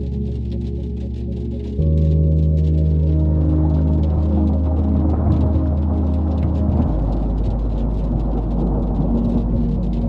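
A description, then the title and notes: Steady low tones hum beneath a soft hiss like drizzle and quiet wind. Around two seconds the drone steps louder with a new, higher layer of sustained tones, and near seven seconds the lowest tone shifts while the rain-like hiss continues evenly throughout. Quiet wind and drizzle frequency, binaural beats.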